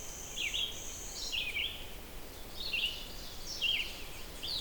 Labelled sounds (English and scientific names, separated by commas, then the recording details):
Red-eyed Vireo (Vireo olivaceus) song
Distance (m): 15 m
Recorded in boreal forest in Alberta, Canada, on 6 June 2016 at 08:33
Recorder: SongMeter 3, array SBT-3-51
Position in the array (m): 140 m, 81 m